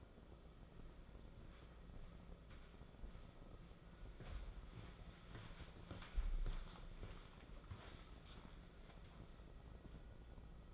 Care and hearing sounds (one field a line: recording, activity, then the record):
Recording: daily activity, microphone in the room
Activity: walk to room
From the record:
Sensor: 5